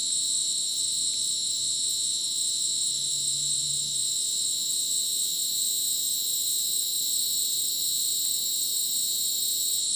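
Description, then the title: Crickets singing in a thick, constant high-pitched wall of sound, several steady bands without a break. Dense insect chorus like a polyrhythmic electronic concert, Madidi National Park, Ucumari, Bolivia; rainforest after sunset; AT BP4029 microphone, MixPre 6 recorder. "Madidi National Park, Ucumari, Bolivia - Supersonic Crickets in the rainforest"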